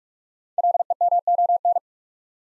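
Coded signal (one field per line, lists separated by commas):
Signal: Morse code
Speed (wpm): 44 wpm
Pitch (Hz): 700 Hz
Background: none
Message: LEMON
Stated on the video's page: Head-copy practice of 5-letter words at 45 wpm, first letters spoken, word sent in Morse, spoken, then sent again.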